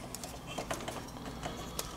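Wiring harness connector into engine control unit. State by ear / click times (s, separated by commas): not seated / none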